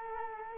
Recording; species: mosquito wingbeat signal from an infrared sensor; Culex quinquefasciatus